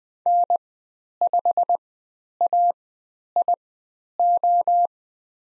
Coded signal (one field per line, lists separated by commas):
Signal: Morse code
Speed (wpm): 20 wpm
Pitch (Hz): 700 Hz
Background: none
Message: N5AIO